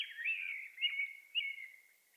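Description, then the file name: Common blackbird giving one drawn-out, level warbled phrase with two brighter accents before it fades out. "Turdus merula"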